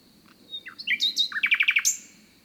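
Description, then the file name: Common nightingale phrase: descending whistled notes leading into several rapid repeated chirps and a final high whistle. "Luscinia megarhynchos"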